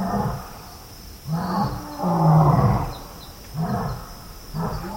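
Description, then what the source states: Lion roaring: a series of deep moaning grunts, repeated about once a second, over a steady high hum. Two lions answering each other at night near a waterhole in Kenya.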